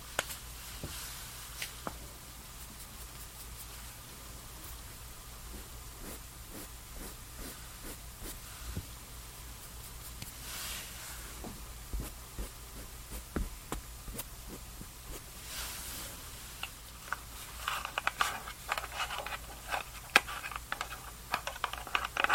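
Summer skincare and makeup sounds: soft taps, small clicks and brief squishy rubs over a steady low hum and faint hiss. Short bursts of spraying or rustling appear around ten and fifteen seconds, and the final five seconds grow busier with dense crackly handling.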